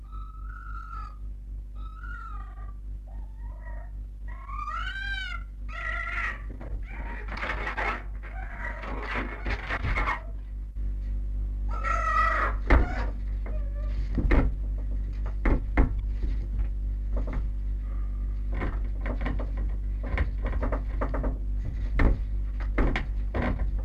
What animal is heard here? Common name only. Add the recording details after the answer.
Red Fox. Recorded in captivity. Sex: male. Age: juvenile. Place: Zoologisches Institut der HUB, Berlin, DE. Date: 1958-06-14. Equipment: Smaragd. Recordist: Tembrock, Günter. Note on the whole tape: Welpenrüde "Jean" einzeln gehalten. Beobachter "mufft" ohne hineinzugehen, Welpe winselt hinter der Tür, scharrt, Winseln bis Kreischen, dann auch Bellstrophe und Bellrhythmus